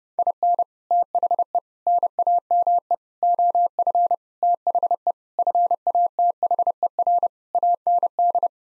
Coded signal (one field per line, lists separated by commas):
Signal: Morse code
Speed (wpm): 32 wpm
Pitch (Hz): 700 Hz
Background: none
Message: IN THE NAME OF THE FATHER AND